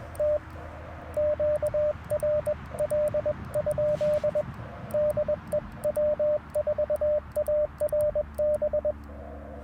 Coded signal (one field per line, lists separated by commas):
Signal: Morse code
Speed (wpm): 21 wpm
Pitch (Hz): 600 Hz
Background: radio noise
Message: T QRL? DE W4ARB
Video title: Cootie Key QRP CW! 2/3/24 @ Tuskegee National Forest K-4451